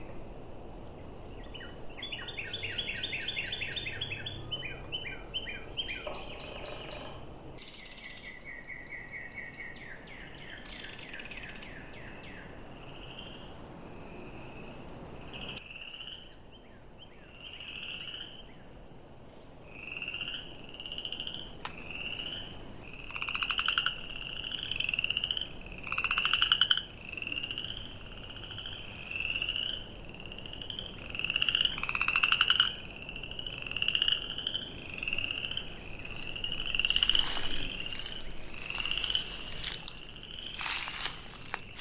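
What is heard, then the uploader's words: Forest and wetland sounds at Moccasin Bend: rapid chirping calls around 3 kHz repeat through much of the clip, thickening after twenty seconds with occasional sharp bursts. Field Recording: A Sonic Landscape of Moccasin Bend. Forests and wetlands tucked into a big bend of the Tennessee River in Chattanooga, Tennessee.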